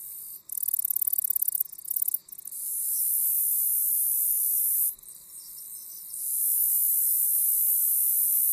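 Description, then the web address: Agile meadow katydid song: high, dry ticking bursts for about two seconds, then a continuous sizzling buzz that drops out briefly and resumes. "Songs of Insects. Agile Meadow Katydid"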